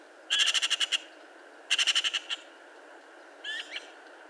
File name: Pica pica